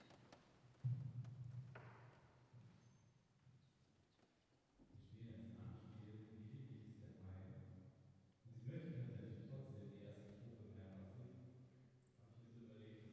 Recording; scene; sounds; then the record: everyday scene through a hearing-aid microphone; reverberant space; speech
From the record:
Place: church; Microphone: behind the ear, left, rear